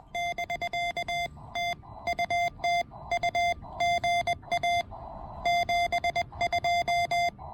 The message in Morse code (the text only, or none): <BK> TU TU GA 72